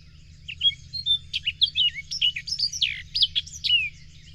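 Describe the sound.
Bird song flowing without pause: varied whistled and slurred notes, rising and falling chirps in quick succession, with a low hum in the background.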